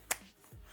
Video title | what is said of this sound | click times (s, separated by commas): iPhone 17 Pro - Mous Limitless 6.0 Case Review | Y heard that snap. | 0.1 s